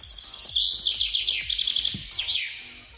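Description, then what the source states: Common Chaffinch song: a fast, high rattling run of bright notes, with faint low background noise. Described as sounding like forest; heard often, in forests and also in greener places where people live.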